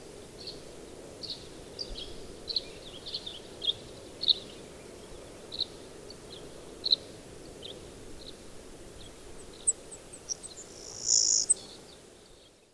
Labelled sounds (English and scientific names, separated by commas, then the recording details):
Savannah Sparrow (Passerculus sandwichensis) song
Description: Savannah Sparrow song recorded in Upper Beaver Meadows in Rocky Mountain National Park
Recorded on 24 June 2015